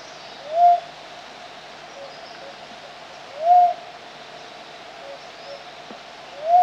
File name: philippine cuckoo dove